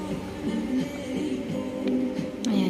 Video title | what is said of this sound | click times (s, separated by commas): tutorial on how to assemble handheld Sewing Machine | So, nag-lock na 'yan. | 2.4 s